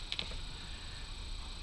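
A larger push tool presses a small laser-cut wooden part into its slot in the frame of a Christmas shop book nook model. Two quick ticks sound at 0.1 s and 0.2 s over a faint steady hum. The piece is still not fully pushed in.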